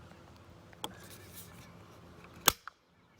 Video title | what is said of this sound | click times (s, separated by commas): Thule Roof Rack and Kayak Holder for 2014 VW Touareg (R-line) | that's the click and that lets you know that that bolt is tight enough for those feet so | 2.5 s